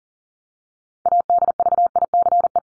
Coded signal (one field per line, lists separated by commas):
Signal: Morse code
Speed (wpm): 40 wpm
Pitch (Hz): 700 Hz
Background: none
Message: ADVICE